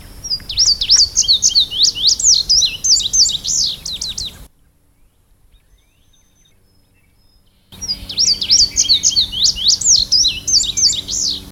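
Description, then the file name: Indigo bunting singing a long run of high, sharply rising and falling paired notes, a quiet break of several seconds, then another burst of the same lively song. "suara kicauan burung indigo bunting. omkicau"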